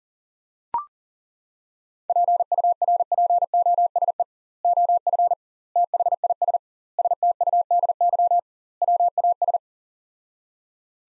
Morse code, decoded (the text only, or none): PURPOSE OF THIS STUDY WAS